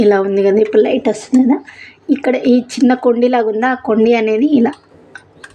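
A bobbin case is handled at a sewing machine's shuttle hook, with its small tab being lined up with the middle slot, while someone talks for most of the clip. After the talking stops, two faint, brief taps are heard at about 5.2 and 5.4 seconds, but the case has not seated or clicked into place yet.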